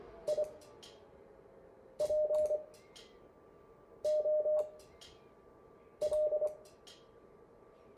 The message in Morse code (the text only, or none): IPOL